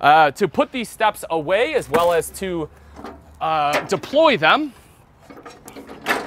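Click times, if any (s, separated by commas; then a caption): 5.7 s. Someone talks as the folding metal entry steps of a Coleman Lantern LT 202RD travel trailer are swung up into their stowed position, with faint handling noises after the talking stops. A sharp click at 5.7 s marks the steps clipping into their stowed latch, and they are locked into place.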